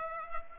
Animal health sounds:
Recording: mosquito wingbeat signal from an infrared sensor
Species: Culex pipiens

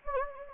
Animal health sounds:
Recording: mosquito wingbeat signal from an infrared sensor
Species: Anopheles gambiae

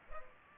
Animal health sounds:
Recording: mosquito wingbeat signal from an infrared sensor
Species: Culex pipiens

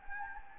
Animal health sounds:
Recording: mosquito wingbeat signal from an infrared sensor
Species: Anopheles gambiae

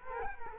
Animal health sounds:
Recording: mosquito wingbeat signal from an infrared sensor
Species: Culex quinquefasciatus

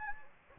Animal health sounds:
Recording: mosquito wingbeat signal from an infrared sensor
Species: Anopheles gambiae

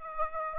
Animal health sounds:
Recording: mosquito wingbeat signal from an infrared sensor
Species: Aedes aegypti

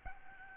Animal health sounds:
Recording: mosquito wingbeat signal from an infrared sensor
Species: Aedes albopictus

